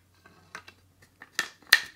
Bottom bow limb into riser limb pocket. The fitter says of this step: and you'll hear that click